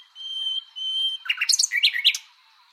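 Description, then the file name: Common nightingale song: two long pure whistles, then a quick jumble of sharp varied notes rising and falling in pitch. "Luscinia megarhynchos"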